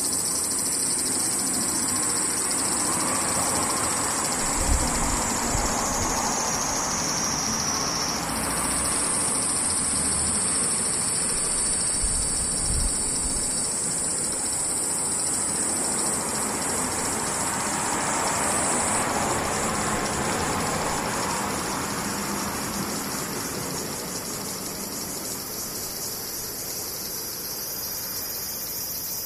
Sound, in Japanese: セミ